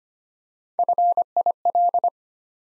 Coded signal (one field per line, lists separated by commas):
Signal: Morse code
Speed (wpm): 25 wpm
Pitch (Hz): 700 Hz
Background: none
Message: FIL